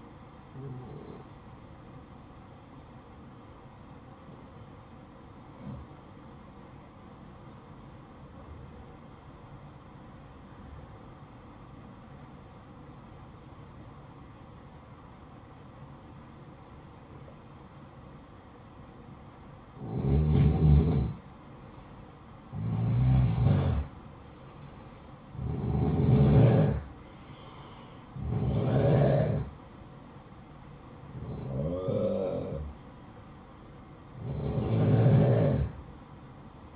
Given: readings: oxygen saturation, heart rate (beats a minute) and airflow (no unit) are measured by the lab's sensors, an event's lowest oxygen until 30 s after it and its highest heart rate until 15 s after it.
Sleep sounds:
breathing in sleep by a smartphone at the bedside; 1
6.00-20.40 s: obstructive apnea (N1, oxygen 95% highest, then 90% lowest, heart rate 61 at the start, 66 highest)
From the record:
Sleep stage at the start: N1 (lightest sleep); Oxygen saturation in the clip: 89 to 95%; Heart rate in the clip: 55 to 66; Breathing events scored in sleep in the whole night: 573 in 9.8 hours asleep

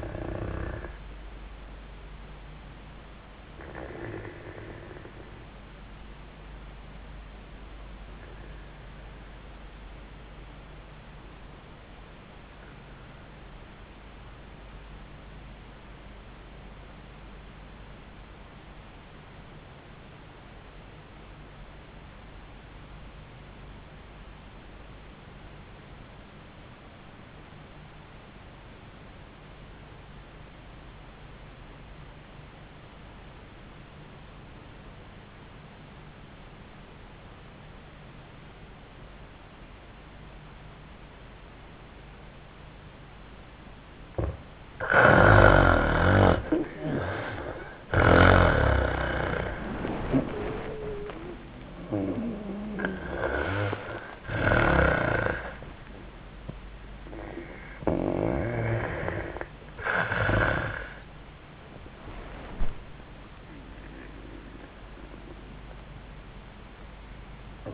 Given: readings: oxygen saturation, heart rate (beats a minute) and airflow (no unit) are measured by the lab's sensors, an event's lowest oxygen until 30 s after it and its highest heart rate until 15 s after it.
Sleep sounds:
breathing in sleep by a voice recorder at the bedside; 1
5.00-43.30 s: obstructive apnea (N1, oxygen 98% highest, then 70% lowest, heart rate 85 at the start, 91 highest)
11.00-41.00 s: new sleep stage, REM sleep
41.00-67.74 s: new sleep stage, N1 (lightest sleep)
From the record:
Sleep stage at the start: N1 (lightest sleep); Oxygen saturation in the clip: 70 to 98%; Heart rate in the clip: 71 to 96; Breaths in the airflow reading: 4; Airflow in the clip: -22.0 to 10.5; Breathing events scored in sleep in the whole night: 400 in 8.7 hours asleep

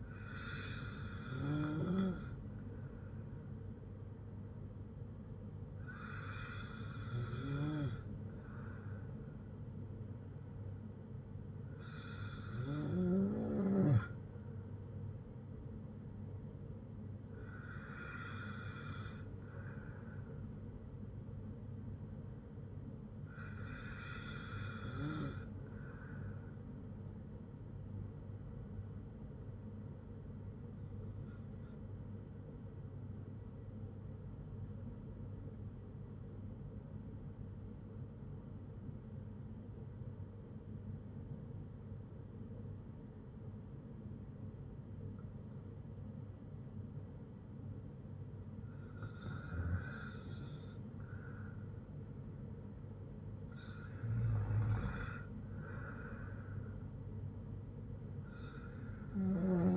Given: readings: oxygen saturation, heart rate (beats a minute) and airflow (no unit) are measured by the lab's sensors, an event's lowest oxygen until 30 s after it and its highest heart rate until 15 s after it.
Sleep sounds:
breathing in sleep by a smartphone at the bedside; 1
39.00-52.40 s: obstructive apnea (N2, oxygen 96% highest, then 87% lowest, heart rate 56 at the start, 61 highest)
From the record:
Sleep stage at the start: N2 (light sleep); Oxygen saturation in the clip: 93 to 96%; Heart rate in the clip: 54 to 60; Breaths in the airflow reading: 8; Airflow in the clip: -6.2 to 6.3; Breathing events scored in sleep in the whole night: 182 in 7.4 hours asleep

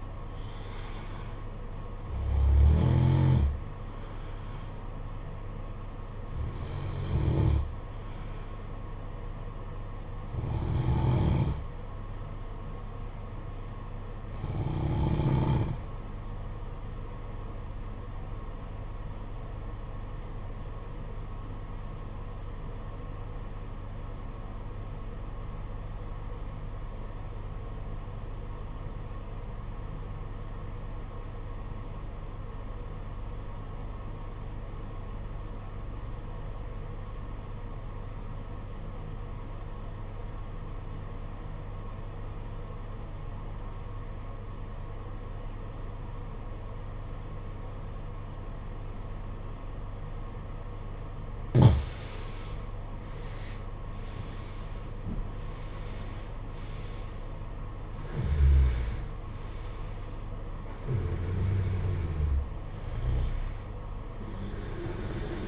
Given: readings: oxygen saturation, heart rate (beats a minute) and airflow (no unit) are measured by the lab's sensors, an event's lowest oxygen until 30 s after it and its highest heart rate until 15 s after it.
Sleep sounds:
breathing in sleep by a smartphone at the bedside; 1
22.00-52.40 s: obstructive apnea (N2, oxygen 95% highest, then 80% lowest, heart rate 52 at the start, 76 highest)
From the record:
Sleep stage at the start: N2 (light sleep); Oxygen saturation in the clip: 84 to 95%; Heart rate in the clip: 48 to 76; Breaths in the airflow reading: 9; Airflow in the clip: -13.8 to 16.7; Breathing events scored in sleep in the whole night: 476 in 9.7 hours asleep

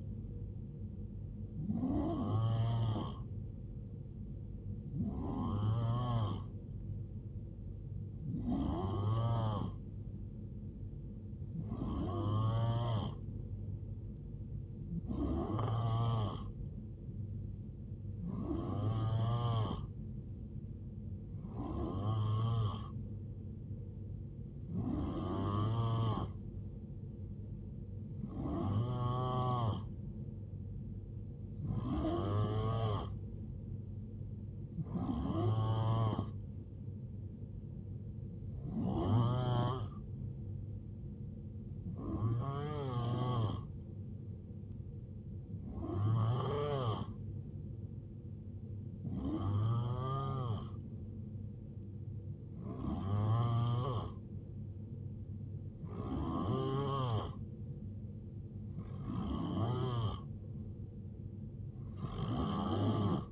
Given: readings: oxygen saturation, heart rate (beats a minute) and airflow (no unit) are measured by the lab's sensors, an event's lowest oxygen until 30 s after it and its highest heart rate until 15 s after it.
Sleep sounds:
breathing in sleep by a smartphone at the bedside; none
none scored
From the record:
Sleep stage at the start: N3 (deep sleep); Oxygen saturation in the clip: 90 to 91%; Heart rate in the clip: 65 to 78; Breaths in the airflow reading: 19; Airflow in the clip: -7.7 to 5.0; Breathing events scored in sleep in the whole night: 389 in 6.3 hours asleep

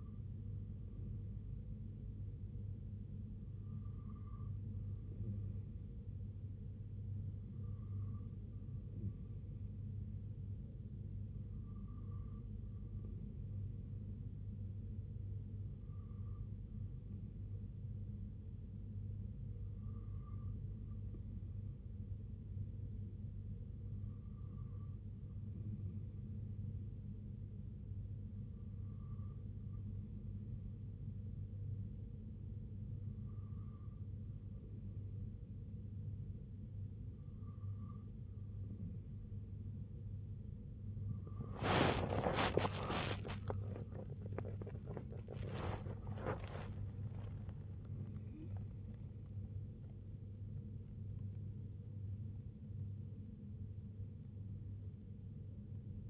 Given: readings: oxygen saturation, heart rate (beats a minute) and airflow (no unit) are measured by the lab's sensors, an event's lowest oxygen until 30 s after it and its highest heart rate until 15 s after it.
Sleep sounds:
breathing in sleep by a smartphone at the bedside; 1
29.00-43.80 s: hypopnea (N2, oxygen 93% highest, then 93% lowest, heart rate 64 at the start, 85 highest)
51.00-56.10 s: new sleep stage, N1 (lightest sleep)
From the record:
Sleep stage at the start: N2 (light sleep); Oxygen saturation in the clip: 93%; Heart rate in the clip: 60 to 85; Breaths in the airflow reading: 13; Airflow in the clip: -5.2 to 4.2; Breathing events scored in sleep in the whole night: 258 in 7.4 hours asleep

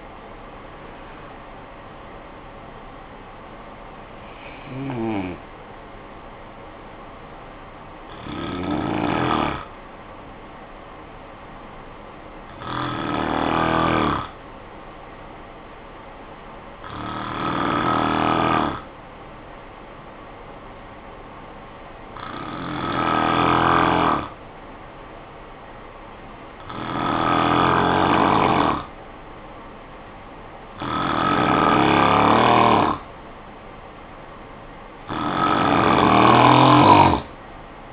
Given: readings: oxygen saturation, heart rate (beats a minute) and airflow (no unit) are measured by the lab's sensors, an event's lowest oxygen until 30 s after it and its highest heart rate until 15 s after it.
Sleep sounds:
breathing in sleep by a voice recorder at the bedside; 1
7.00-32.10 s: hypopnea (N1, oxygen 95% highest, then 90% lowest, heart rate 53 at the start, 70 highest)
15.00-37.92 s: new sleep stage, N2 (light sleep)
From the record:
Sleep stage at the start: N1 (lightest sleep); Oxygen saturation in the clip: 89 to 95%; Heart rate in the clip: 53 to 80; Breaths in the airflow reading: 8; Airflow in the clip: -14.5 to 7.0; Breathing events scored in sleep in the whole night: 445 in 7.6 hours asleep

